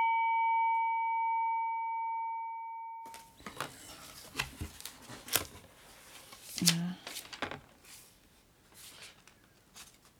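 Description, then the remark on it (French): A steady electronic tone holds for a few seconds, then papers that had been sent by post rustle and crinkle in irregular bursts, with sharp crackles and soft shuffling continuing to the end. “C'est des papiers qu'on nous avait envoyés.”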